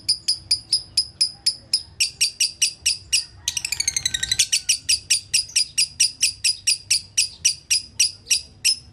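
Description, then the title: Lovebird song: regular shrill chirping, interrupted near the middle by a quick burst of faster, twittering notes, then continuing at a steady pace. Song used to train other birds; song style known locally as konslet. "Masteran Lovebird Konslet"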